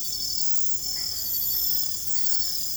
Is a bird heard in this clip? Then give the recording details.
no. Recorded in secondary vegetation near Puerto Asís, Putumayo, Colombia, on 21 December 2024 at 22:00. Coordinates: 0.468, -76.324. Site G095